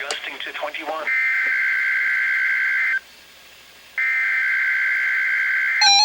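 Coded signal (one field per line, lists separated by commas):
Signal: Emergency Alert System (SAME) tones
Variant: header bursts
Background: speech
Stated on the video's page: Required Weekly Test tones on NOAA Weather Radio station for Oklahoma City, forecast office Norman, recorded with a Canon EOS Rebel SL3 and Rode VideoMic Pro.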